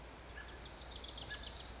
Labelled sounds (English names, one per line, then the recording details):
Wilson's Warbler
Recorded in Sonoma County, California